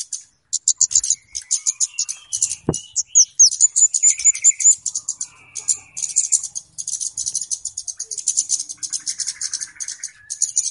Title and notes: Kicau Burung Kemade ( Cabe Cabean) Jernih. Suara Burung Cabe Cabean Pikat